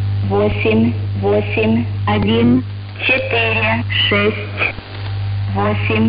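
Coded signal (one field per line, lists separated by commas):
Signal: numbers station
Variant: S06s, Russian female voice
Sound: a woman's voice reads short Russian words at an even pace, with radio hum underneath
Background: radio hum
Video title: 03 02 2022 Number station S06s Russian Lady in Russian to Eu 0940 on 9540 unknown tx site in CUSB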